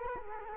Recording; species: mosquito wingbeat signal from an infrared sensor; Culex quinquefasciatus